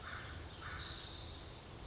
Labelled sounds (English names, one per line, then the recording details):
Spotted Towhee
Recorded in Sonoma County, California